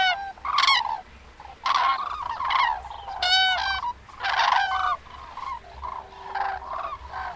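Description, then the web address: Common crane calls: loud, rattling trumpet notes in separate bursts, the later ones quieter. "Madardalok Cd 3. Daru"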